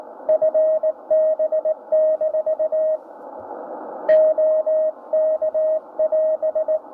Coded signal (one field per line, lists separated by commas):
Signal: Morse code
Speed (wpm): 18 wpm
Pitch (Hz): 630 Hz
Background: radio noise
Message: FB - OK <AS>